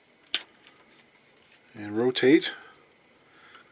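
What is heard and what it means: The small spring-loaded release on an acoustic guitar preamp's external battery compartment is pressed, and the latch clicks open with a sharp snap at 0.3 s, followed by a faint tick at 0.7 s. Someone then talks as the compartment is rotated open, leaving the battery compartment released.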